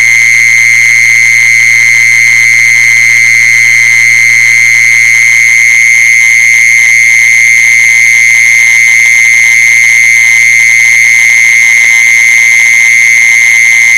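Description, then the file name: Mole cricket producing a sustained, unchanging high trill for the whole stretch, with a low steady hum in the background. "tieng de trui de chui"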